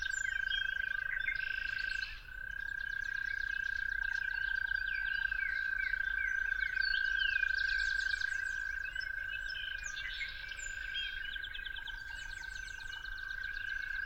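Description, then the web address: Toad call, a continuous even trill that runs unbroken throughout, with many songbirds chirping and whistling. Toads calling at dawn. "musicofnature Toads at Dawn"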